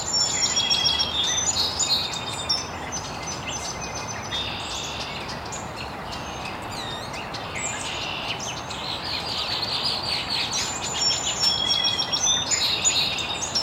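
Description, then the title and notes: Birds chirping in a busy chorus, many high thin notes and short trills overlapping, over a steady broad hiss of background noise. Birds chirping very early in the morning in an estuary. "Birds Chirping in the Early Morning. Original sounds of birds chirping very early in the morning in an estuary"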